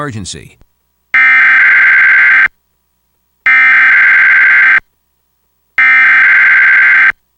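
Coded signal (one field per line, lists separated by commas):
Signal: Emergency Alert System (SAME) tones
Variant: header bursts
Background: speech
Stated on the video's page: Required Monthly Tests for an earthquake and tsunami drill, relayed by NOAA Weather Radio, cable and FM, recorded from a Reecom R-1630 weather radio, a stereo, and a DVD recorder.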